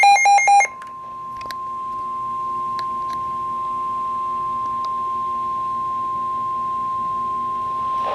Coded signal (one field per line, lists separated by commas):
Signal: Emergency Alert System (SAME) tones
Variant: 1050 Hz attention tone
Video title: First EAS Alert from my WR120EZ! FFW for Oahu (EAS #49)